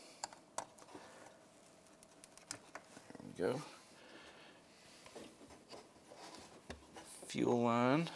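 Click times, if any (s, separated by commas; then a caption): 0.6 s. During reassembly on a Polaris RZR 900S, an electrical connector is pushed back onto a fuel injector and gives a sharp click at 0.6 s, showing it is seated. Several other small clicks and taps follow while someone talks.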